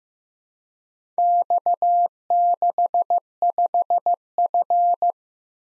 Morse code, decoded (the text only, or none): X65F